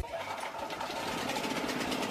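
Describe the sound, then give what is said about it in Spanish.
A generator engine runs steadily with a rapid, even mechanical chugging and a broad, constant hum, holding the same loudness throughout with no voices. “Grupo Electrógeno. Ruido y luz versus silencio y oscuridad.”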